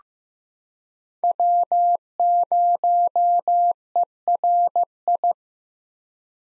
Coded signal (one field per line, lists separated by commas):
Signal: Morse code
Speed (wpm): 15 wpm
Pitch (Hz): 700 Hz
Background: none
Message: W0ERI